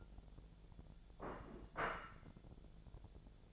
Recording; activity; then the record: daily activity, microphone in the room; place plate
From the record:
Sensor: 5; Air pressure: 1000.3 hPa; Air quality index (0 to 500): 122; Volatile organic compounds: 1 ppm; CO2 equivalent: 973 ppm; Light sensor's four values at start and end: 102/242/103/112 and 102/242/103/111